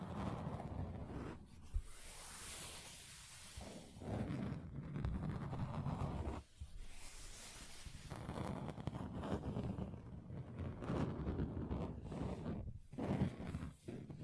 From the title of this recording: Table Tapping Different Surfaces